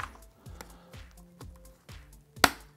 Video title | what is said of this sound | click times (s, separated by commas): Bell Qualifier DLX Sena Installation | there we go snapped into place | 2.4 s